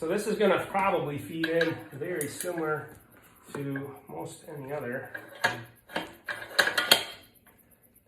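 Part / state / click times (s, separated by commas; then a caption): magazine into rifle magazine well / seated / 6.9 s. Someone talks, then a magazine is slid into the magazine well of a Noreen ULR-X .50 BMG rifle with a few short metallic knocks from about 6.0 s. It locks into place with a sharp click at 6.9 s, going in very smoothly.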